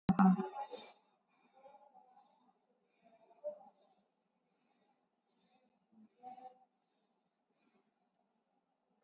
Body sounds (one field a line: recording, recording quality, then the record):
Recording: shallow breathing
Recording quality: excellent, no background noise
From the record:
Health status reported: COVID-19 positive, mild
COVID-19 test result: positive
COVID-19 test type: RT-PCR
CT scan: taken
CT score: 8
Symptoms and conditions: cough, sore throat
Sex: female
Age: 30 years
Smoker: no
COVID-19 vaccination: both doses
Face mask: worn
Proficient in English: yes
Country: India